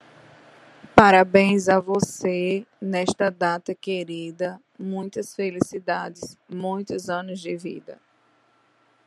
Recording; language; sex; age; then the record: short text; Brazilian Portuguese; female; 30 to 39 years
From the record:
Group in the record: control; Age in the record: 38 years